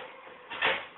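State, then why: Not seated. A network expansion card is held straight and pressed firmly down into a PCI slot on the motherboard, giving a low rubbing and scraping sound that swells around 0.5–0.8 s and then fades. Nothing has seated or clicked yet.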